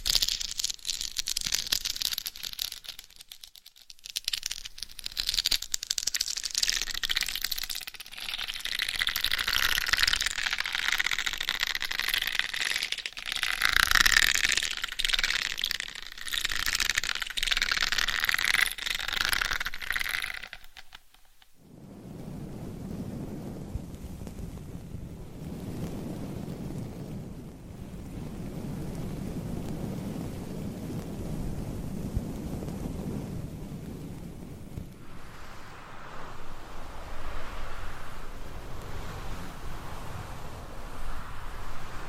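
Scratchy rubbing against a head-worn microphone, dense and bright with rapid fluttering strokes for the first twenty seconds. After a brief pause, the sound turns softer and lower, a muffled rumbling massage with a slightly brighter stretch near the end.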